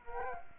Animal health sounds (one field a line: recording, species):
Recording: mosquito wingbeat signal from an infrared sensor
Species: Culex quinquefasciatus